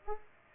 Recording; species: mosquito wingbeat signal from an infrared sensor; Culex pipiens